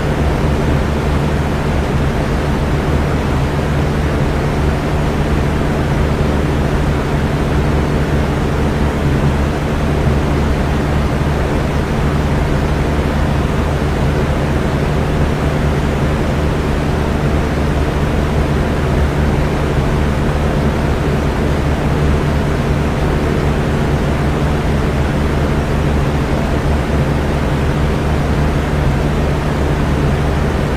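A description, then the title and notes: A fan runs steadily for the whole stretch, a dense, unchanging whoosh weighted toward the low end with a soft hum and faint droning tones underneath. Loudness stays level and even throughout, with no separate events or background sounds. Fan Noise White Noise For Sleeping. Relaxing fan noise.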